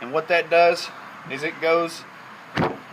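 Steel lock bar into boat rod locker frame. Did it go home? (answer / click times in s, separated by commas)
yes / 2.6 s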